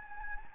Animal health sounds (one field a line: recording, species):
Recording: mosquito wingbeat signal from an infrared sensor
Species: Anopheles gambiae